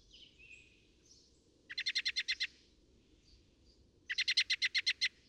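Northern mockingbird singing two bursts of rapid rattling notes, with faint thin whistles between them over a soft background hiss.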